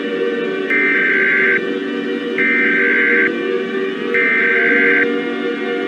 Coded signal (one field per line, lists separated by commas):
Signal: Emergency Alert System (SAME) tones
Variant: header bursts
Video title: EAS Scenario - The Ultimate Hurricane: REMASTERED